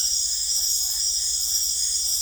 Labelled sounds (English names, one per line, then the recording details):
none
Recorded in secondary vegetation near Puerto Asís, Putumayo, Colombia, on 20 December 2024 at 20:00
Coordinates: 0.488, -76.319
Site GP04